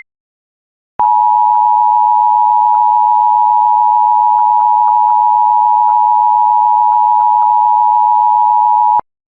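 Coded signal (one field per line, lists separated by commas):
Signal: Emergency Alert System (SAME) tones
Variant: 853 and 960 Hz attention tone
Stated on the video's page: EAS alerts, all of them tests.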